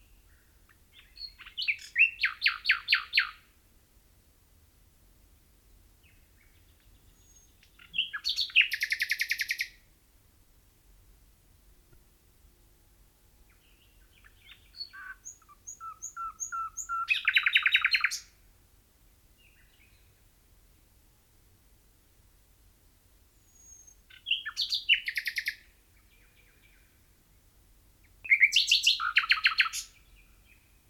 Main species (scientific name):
Luscinia megarhynchos